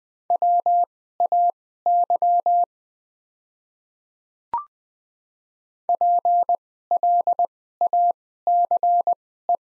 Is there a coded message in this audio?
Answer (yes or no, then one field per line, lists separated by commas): yes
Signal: Morse code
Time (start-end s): 0.3-9.6 s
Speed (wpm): 20 wpm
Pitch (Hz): 700 Hz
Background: none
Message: WAY PLACE